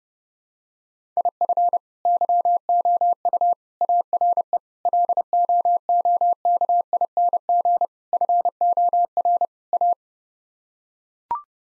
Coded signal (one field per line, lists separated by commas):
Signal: Morse code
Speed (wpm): 32 wpm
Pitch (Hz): 700 Hz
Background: none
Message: IF YOU ARE LOOKING FOR A